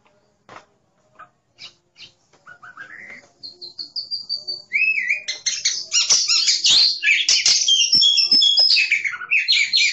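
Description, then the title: Oriental magpie-robin song that opens with a few spaced, sharp clicks and short whistles, then builds into whistled notes and a rapid, rich jumble of chirps and trills. "Kacer"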